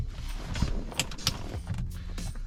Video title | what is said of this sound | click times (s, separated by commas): Range Rover L322 Steering Wheel Removal - Avoid this mistake ! (straightening your wheel) | Now that's not clicking in there. | none